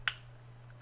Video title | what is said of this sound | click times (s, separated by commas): A Hard Drive for PSP!? | I heard it I heard a click | 0.1 s